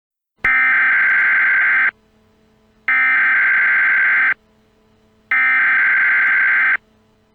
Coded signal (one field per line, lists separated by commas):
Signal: Emergency Alert System (SAME) tones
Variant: header bursts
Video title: TO THE FRONTROOMS - A Backrooms EAS Scenario (#6)